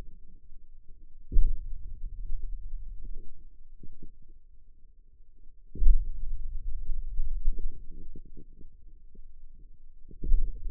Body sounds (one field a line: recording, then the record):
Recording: forearm muscle sounds (acoustic myography)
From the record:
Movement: hand opening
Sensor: system 2, bracelet of six BSWA MPA416 microphones around the upper forearm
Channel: 2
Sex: male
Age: 22 years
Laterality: right